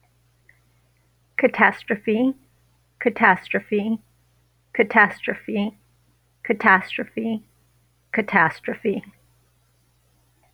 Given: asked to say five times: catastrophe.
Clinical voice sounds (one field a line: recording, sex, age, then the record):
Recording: repeated word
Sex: female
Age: 60 to 69 years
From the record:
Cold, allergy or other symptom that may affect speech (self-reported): no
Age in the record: 61 years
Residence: Washington, United States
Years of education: 16